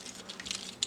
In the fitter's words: 这回再卡回去，卡回去，咯哒一声的这个锁扣位置也感觉是偏紧的。